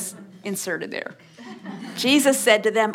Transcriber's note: So we won’t have to go to Meijer anymore—that’s inserted there. Sounds of laughter